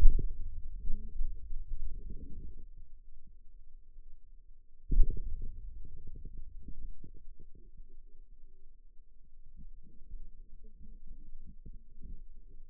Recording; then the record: forearm muscle sounds (acoustic myography)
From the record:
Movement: hand opening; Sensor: system 2, bracelet of six BSWA MPA416 microphones around the upper forearm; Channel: 2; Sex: male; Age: 22 years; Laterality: right